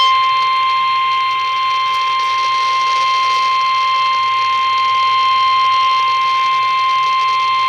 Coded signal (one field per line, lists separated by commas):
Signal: Emergency Alert System (SAME) tones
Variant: 853 and 960 Hz attention tone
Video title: severe thunderstorm warning on AM FM (eas 150)